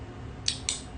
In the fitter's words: pops into place and it is so